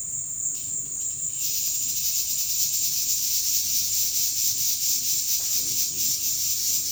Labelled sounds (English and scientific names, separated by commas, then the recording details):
none
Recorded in dense forest near Puerto Asís, Putumayo, Colombia, on 19 February 2024 at 17:30
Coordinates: 0.496, -76.326
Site G6383